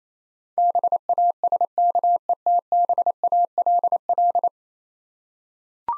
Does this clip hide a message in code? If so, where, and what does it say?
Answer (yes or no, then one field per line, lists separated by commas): yes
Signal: Morse code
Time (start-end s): 0.6-4.5 s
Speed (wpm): 28 wpm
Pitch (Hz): 700 Hz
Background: none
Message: BASKETBALL